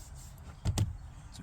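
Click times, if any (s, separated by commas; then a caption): 0.8 s. A form-fitting section of a plastic door pocket liner is pressed into the front door pocket trim of a 2025 Tacoma. A lighter tap at 0.7 s leads into a sharp snap at 0.8 s, followed by a faint tick near 1.4 s. The liner seats with a good fit.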